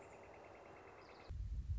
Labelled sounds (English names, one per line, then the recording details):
Northern Flicker
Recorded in Sonoma County, California